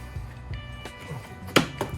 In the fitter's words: There it goes. You hear the snap.